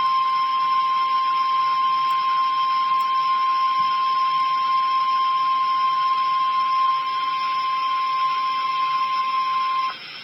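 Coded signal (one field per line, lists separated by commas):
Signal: Emergency Alert System (SAME) tones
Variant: 1050 Hz attention tone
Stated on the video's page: Real tornado warning.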